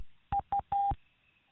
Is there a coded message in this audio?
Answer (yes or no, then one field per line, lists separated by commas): no